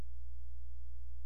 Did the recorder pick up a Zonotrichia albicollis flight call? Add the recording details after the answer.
no. No flight call is heard. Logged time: 00:02 on 16 September 2014